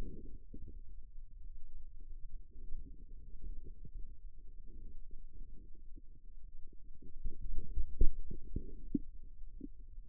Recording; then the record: forearm muscle sounds (acoustic myography)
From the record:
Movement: radial deviation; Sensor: system 2, bracelet of six BSWA MPA416 microphones around the upper forearm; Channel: 5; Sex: male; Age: 22 years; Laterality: right